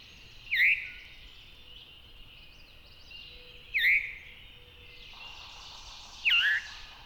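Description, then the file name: Veery calls, a slurred downward 'veer' heard three times at roughly three-second intervals, with quiet chirping birds in the background. "very veery"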